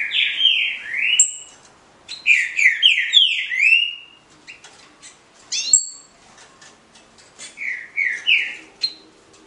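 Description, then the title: Green-winged Saltator song with repeated loud, falling whistled notes in rapid sequences, thin high notes above, and a softer phrase near the end. 9-month-old young bird from a breeder in Cambé, Paraná, Brazil; song style labelled Voz 06. "Canto De Trinca Ferro Voz 06. FILHOTE COM 09 MESES CRIATÓRIO DO NEGO (Cambé Pr)"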